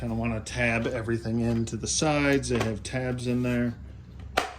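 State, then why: Seated. Someone talks while plastic toy helicopter body parts are pushed together so their tabs seat into the side slots. A sharp click is heard at 4.4 s as the tabs seat.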